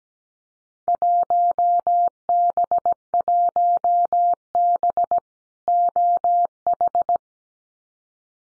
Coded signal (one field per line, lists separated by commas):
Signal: Morse code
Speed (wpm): 17 wpm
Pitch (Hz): 700 Hz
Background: none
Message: 1B1B OH